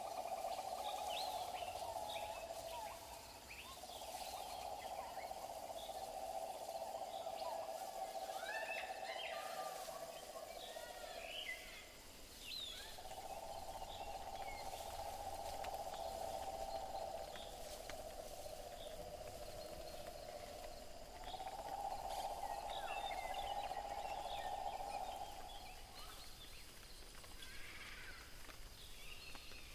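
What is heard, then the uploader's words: Jungle ambience with insects droning in long steady stretches broken by short pauses, while birds chirp and call intermittently above a soft rustling background. Mysterious jungle ambience.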